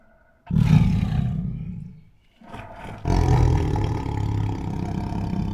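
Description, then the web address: Tiger growls low and rumbling, a loud grating growl fading over about two seconds, then a brief pause and a second sustained, rough growl holding steady to the end. Protective growls. "Sound Ideas Tigers Sound Effects"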